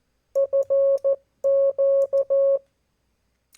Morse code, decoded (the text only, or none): FQ